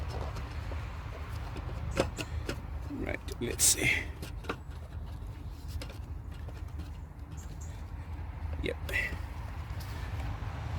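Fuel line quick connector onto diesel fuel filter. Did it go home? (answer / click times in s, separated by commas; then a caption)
no / none. Someone talks while handling and pushing a fuel line quick connector onto the diesel fuel filter of a 2020 Range Rover, with a few short, sharp handling knocks over a steady low background hum. Nothing has seated or clicked home yet.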